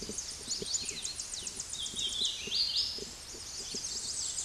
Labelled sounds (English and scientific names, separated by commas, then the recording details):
Hooded Warbler (Setophaga citrina) song
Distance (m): 30 m
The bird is about 5 m above the microphone
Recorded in a Pennsylvania forest on 16 May 2024 at 09:42
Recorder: AudioMoth, point MSD-1293
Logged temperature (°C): 12.0 °C
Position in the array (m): 28 m, 148 m